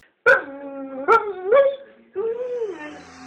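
Dogs bark in a short series of four loud, harmonic, fairly high-pitched calls, the first three clipped and the last stretched into a longer whining yelp.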